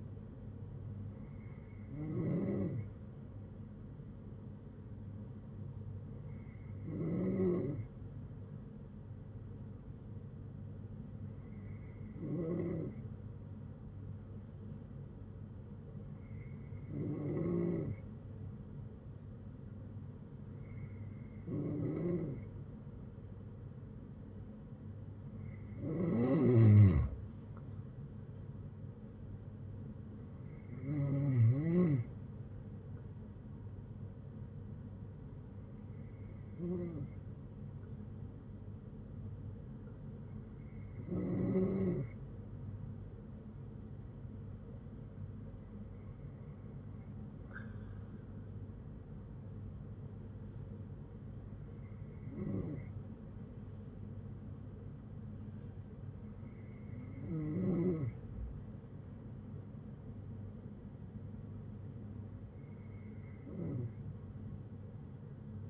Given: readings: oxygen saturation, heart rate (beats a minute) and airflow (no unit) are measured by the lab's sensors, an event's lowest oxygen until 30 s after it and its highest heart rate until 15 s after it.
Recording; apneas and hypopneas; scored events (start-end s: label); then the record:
breathing in sleep by a smartphone at the bedside; none
46.00-65.70 s: new sleep stage, N2 (light sleep)
From the record:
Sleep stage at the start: N3 (deep sleep); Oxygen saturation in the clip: 92 to 94%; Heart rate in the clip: 57 to 71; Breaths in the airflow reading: 13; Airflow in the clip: -8.1 to 7.8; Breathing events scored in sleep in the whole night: 182 in 7.4 hours asleep